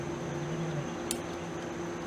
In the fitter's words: You pretty much hear it click back into place, top and bottom, which it didn't go into the clutch fork that time.